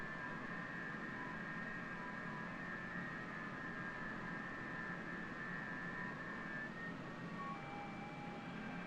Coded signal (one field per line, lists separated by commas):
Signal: FT8